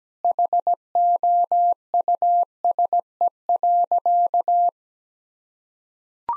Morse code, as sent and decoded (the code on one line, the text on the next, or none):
.... --- ..- ... . .-.-.-
HOUSE.